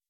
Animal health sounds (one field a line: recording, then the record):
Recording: hydrophone in a shrimp aquaculture tank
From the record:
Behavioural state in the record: weakened